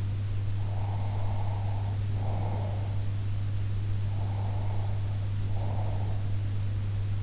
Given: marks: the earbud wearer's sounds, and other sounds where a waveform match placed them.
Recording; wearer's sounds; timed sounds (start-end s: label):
sounds in sleep by an in-ear microphone; breath
0.63-3.08 s: breath
4.03-6.31 s: breath